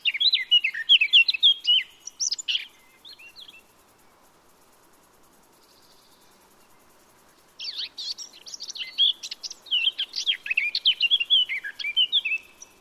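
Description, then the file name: Eurasian blackcap singing, a fast jumble of scratchy and sweet warbled notes in two bursts separated by a few seconds of near silence. "Sylvia atricapilla"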